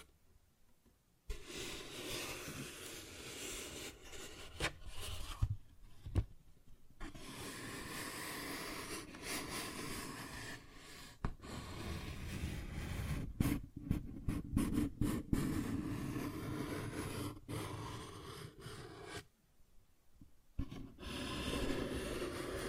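Scratching and rubbing on a paper bag, a dense, rough rasping that runs in long stretches broken by brief silences near 1, 6, 11 and 19–20 seconds. Sharp taps and crinkles punctuate the scratching, clustering between about 13 and 18 seconds.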